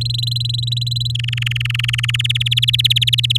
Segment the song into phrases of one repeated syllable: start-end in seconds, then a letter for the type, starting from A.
0.01-1.12 A, 1.15-2.16 B, 2.19-3.37 C